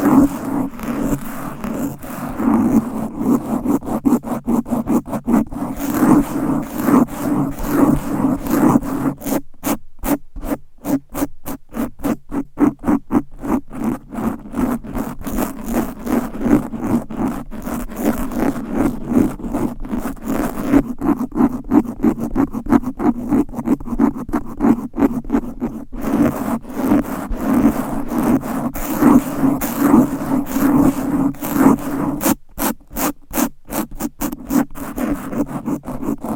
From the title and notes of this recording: ASMR Fast & Aggressive Mic Scratching with 20 DIFFERENT MICS Covers & Nails No Talking for Sleep.